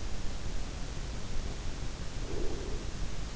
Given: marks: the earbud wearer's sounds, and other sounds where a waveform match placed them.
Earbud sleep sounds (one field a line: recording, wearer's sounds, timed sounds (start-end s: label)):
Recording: sounds in sleep by an in-ear microphone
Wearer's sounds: breath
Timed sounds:
1.31-3.17 s: breath